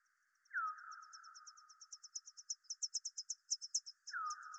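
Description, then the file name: Bat calls: a steady run of short high ticks growing louder, with two longer, lower downward-sweeping calls at the start and end. Bat movement recorded at the Gondwana garden in Rayol. "Rayol Gondwana Mouvementde Chauve Souris Mercier Glotin"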